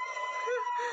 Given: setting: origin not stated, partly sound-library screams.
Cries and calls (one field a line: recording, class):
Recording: one-second piece from a danger detection set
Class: woman in danger